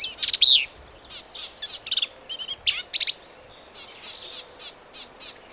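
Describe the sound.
Black-capped vireo singing loud, rapid jumbles of sharp high chips, squeaks and buzzy notes, delivered in short varied phrases, with softer notes trailing off at the end.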